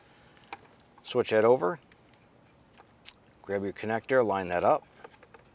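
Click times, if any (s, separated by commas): none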